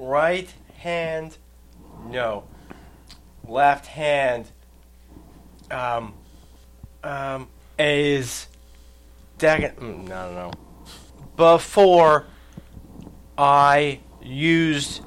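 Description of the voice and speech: A man who has had a stroke speaks in halting two- and three-word fragments separated by long pauses and drawn-out "um" fillers, with a wrong word slipped in and "no, no, no" repeated. This is nonfluent, telegraphic speech with word-finding errors, typical of aphasia after stroke.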